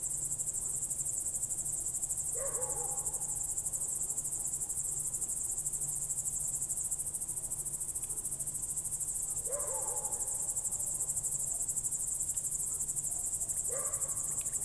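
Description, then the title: Cricket: a steady high-pitched pulsing chorus runs throughout, while three brief lower sounds occur at spaced intervals. Crickets recorded at night through a window in Goworów, Poland, late evening of 18 July 2022, World Listening Day, with a Zoom F4 and AT BP4025. "Goworów 6, 57-515, Poland - World Listening Day/Night 18/07/2022-night crickets"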